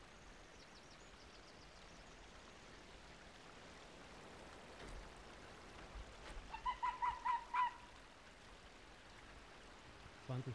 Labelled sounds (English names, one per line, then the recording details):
Arctic Fox call
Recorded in the wild
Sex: male
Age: adult
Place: Insel Mednyi, Kommandeur-Inseln, RU
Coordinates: 54.5167, 168.083
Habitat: tundra
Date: 1999-07-26
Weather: fair, 11°C, no wind
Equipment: Sony TCD-D8, Sennheiser MKH 70, Windkorb
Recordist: Frommolt, Karl-Heinz
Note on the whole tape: Nördlich von Kap Dlinnyi: an Höhle. Wa-Rufe von Polarfuchsrüde (Uli) rechts Rot/Rot 40. Tier folgt Beobachter in nördliche Richtung. An Reviergrenze Bellstrophen. Entfernung 8 bis 40 m